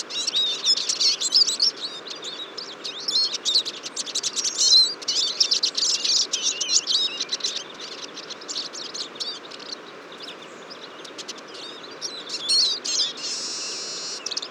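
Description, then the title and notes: Eurasian siskins calling as a flock, a dense chorus of high, thin twittering and chirping notes overlapping almost constantly, with a brief buzzy wheeze near the end. Large flock at a feeder on a February morning, 23 February 2014, Fourcinet, Drôme, France; recorded with Nagra Seven and Telinga P7. "Choeur de fringilles. 23 février 2014-Fourcinet - Drôme. à la mangeoire un grand nombre de Tarin des aulnes (Carduelis spinus)"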